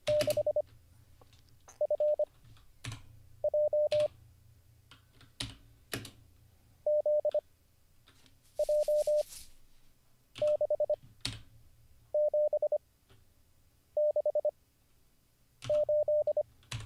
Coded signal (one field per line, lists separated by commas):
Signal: Morse code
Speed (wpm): 25 wpm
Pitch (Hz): 600 Hz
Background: none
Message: 6 F J Z J 6 7 6 8